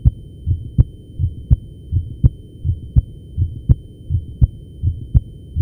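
Steady, regular heartbeat at about 82 beats a minute, each cycle a soft low thud followed by a sharper, louder click, with no added sounds between. These are basic, normal first and second heart sounds heard over the base of the heart.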